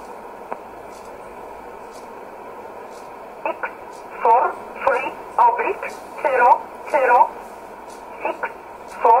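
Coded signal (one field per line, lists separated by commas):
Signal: numbers station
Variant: E11 Oblique, English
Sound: narrow radio voice reading about eight short, evenly spaced words over steady static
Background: radio static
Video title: 12 06 2017 Numbers station E11 Oblique in English to Eu 0530 on 7600 in USB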